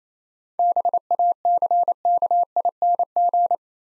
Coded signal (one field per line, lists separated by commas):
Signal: Morse code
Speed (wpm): 27 wpm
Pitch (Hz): 700 Hz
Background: none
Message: BACKING